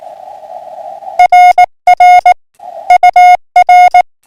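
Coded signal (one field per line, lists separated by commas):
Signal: Morse code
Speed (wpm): 18 wpm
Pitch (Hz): 720 Hz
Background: none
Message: RR UR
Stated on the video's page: Parks on the Air contact hunting with an FDX10, a Palomar Bullet 71 ft end-fed and an MFJ-16010 manual tuner.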